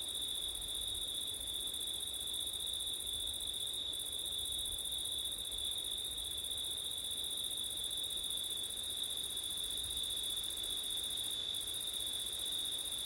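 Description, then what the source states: Crickets trilling in a steady high-pitched chorus, with a second, higher shimmering band above that breaks off briefly a couple of times, and a constant rushing of wind underneath. September night, with wind; ORTF stereo microphone setup.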